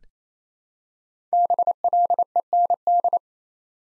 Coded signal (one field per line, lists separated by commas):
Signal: Morse code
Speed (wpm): 29 wpm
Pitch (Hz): 700 Hz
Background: none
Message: BLEND